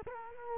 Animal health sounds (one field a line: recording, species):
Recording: mosquito wingbeat signal from an infrared sensor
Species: Culex quinquefasciatus